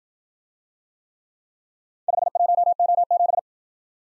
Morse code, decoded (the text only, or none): 51O7